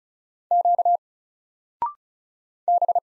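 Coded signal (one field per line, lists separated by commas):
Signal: Morse code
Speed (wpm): 36 wpm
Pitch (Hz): 700 Hz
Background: none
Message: Q B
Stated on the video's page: Morse practice of single letters at 35 wpm, each letter sent, then spoken, then sent again.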